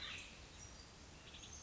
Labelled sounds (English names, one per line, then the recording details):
Oak Titmouse
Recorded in Sonoma County, California